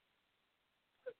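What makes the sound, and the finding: Adult woman. Hiccup.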